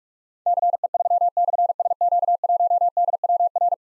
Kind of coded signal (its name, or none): Morse code